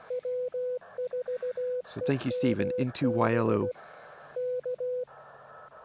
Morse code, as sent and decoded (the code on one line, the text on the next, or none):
.-- ....- . -- -... / -.-
W4EMB K